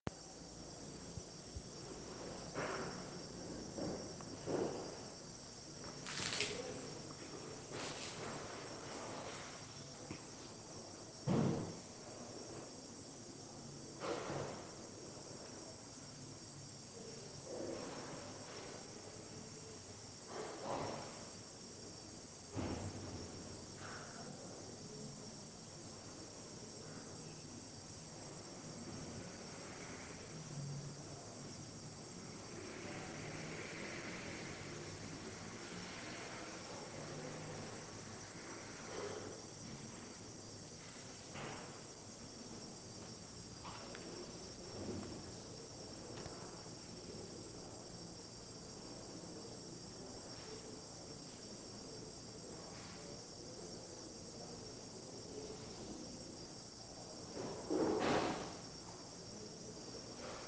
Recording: hospital ward noise